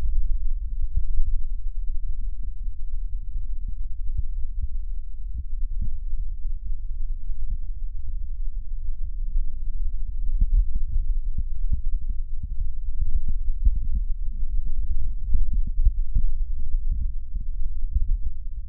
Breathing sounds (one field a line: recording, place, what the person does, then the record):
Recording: lung sounds by stethoscope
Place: left posterior basal chest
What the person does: quiet breathing, then deep breathing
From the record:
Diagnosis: interstitial lung disease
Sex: male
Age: 66 years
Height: 164 cm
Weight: 76.2 kg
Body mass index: 28.3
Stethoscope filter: bell mode